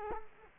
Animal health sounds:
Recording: mosquito wingbeat signal from an infrared sensor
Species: Culex quinquefasciatus

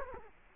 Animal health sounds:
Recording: mosquito wingbeat signal from an infrared sensor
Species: Culex quinquefasciatus

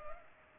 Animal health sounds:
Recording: mosquito wingbeat signal from an infrared sensor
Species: Culex pipiens

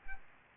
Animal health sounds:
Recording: mosquito wingbeat signal from an infrared sensor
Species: Aedes albopictus

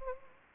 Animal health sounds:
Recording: mosquito wingbeat signal from an infrared sensor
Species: Anopheles gambiae

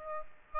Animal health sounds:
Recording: mosquito wingbeat signal from an infrared sensor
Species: Aedes aegypti

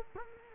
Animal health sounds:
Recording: mosquito wingbeat signal from an infrared sensor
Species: Culex quinquefasciatus

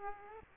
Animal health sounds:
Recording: mosquito wingbeat signal from an infrared sensor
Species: Aedes aegypti

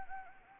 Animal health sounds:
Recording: mosquito wingbeat signal from an infrared sensor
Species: Anopheles arabiensis

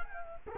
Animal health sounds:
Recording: mosquito wingbeat signal from an infrared sensor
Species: Culex quinquefasciatus

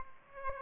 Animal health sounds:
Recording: mosquito wingbeat signal from an infrared sensor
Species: Aedes aegypti

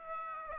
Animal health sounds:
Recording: mosquito wingbeat signal from an infrared sensor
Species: Aedes aegypti

